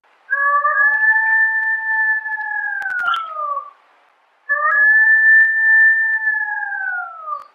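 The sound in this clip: Golden jackal howling: two long, steady, wailing notes, each several seconds long, that sag downward at the end, with a short silence between them.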